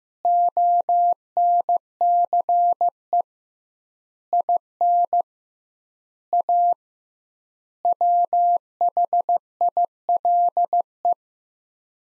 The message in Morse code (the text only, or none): ONCE IN A WHILE